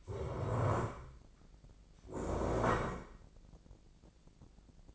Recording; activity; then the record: daily activity, microphone in the room; stand up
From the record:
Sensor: 5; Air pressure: 1012.4 hPa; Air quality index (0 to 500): 148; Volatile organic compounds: 2 ppm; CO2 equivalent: 1022 ppm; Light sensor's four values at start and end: 274/656/280/310 and 275/657/281/310